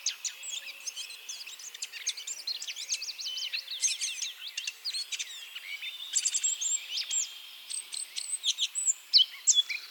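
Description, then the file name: Eurasian blackcap song: dense, rapid chattering warble of sharp high notes and quick slurs, continuous throughout, with a faint hiss behind it. "Sylvia atricapilla"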